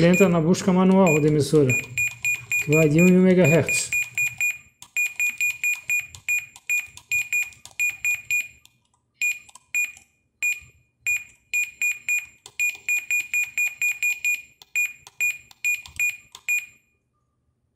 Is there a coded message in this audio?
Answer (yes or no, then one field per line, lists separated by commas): no